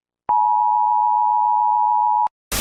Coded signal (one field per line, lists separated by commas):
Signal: Emergency Alert System (SAME) tones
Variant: 853 and 960 Hz attention tone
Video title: End of the World - an EAS Scenario